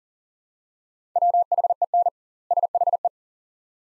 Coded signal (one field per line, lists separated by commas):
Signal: Morse code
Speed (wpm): 39 wpm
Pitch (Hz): 700 Hz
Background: none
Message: WHEN SHE